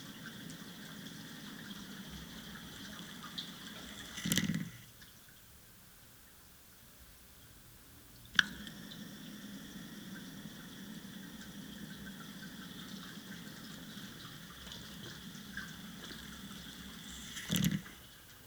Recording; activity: daily activity, guitar pickup as the sensor; flush